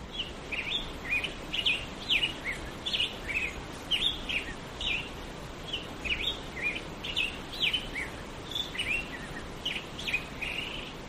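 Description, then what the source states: Grosbeak song: bright, short chirped and slurred notes in quick clusters, repeated throughout, over a steady rushing hiss of flowing water. Dawn singing around daybreak on warm mornings, recorded from a back porch with a creek audible in the background.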